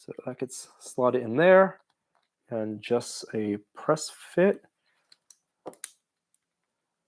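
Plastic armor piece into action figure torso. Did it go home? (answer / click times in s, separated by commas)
yes / 5.8 s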